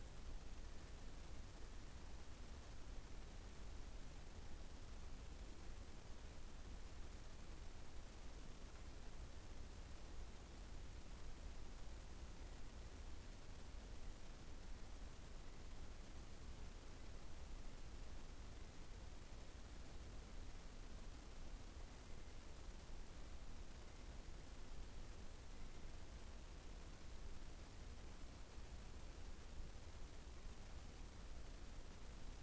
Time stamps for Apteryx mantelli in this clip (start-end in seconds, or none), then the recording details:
0.31-26.37. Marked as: faintness 5/5. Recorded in New Zealand on 15 November 2013. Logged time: 00:43. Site BV22